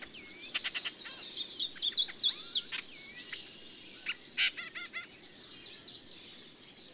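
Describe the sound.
Birds singing together: rapid high chirps, a scratchy zigzag warble and looping whistled notes, with a sharp burst of stacked calls near the middle and quieter twittering at the end.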